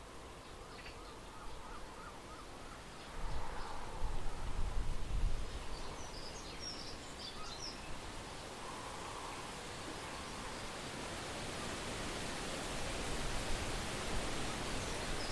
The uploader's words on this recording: I made the recordings on a walk from home on Udimore Road to the Rye Harbour Nature Reserve a few days ago. Recordings made around Rye. Mostly just the wildlife.